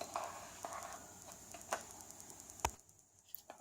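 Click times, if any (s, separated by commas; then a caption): 2.6 s. A battery pack is fitted onto an ICOM A24E handheld airband radio after its orientation is worked out. Light handling taps and rustles lead up to a sharp click at 2.6 s as the pack latches and seats in place, with a faint tick near the end.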